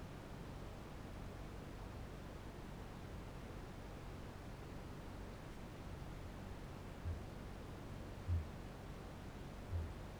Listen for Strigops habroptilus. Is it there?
yes